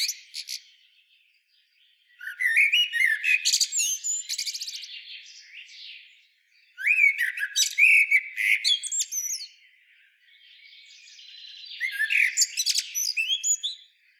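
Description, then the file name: Common blackbird repeating loud song phrases separated by short pauses, each mixing slurred whistles with shrill, scratchy twitters. "Turdus merula"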